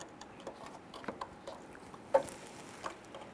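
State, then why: Seated. An electrical wiring harness connector is pushed onto its mating plug in the headlight area during a headlight mounting panel install on a 1999-2004 Jeep Grand Cherokee. Faint ticks and handling noises lead to a sharp click at 2.2 seconds as it locks in, followed by a softer click near 2.9 seconds. The connector is seated, and the red lock tab is pressed over.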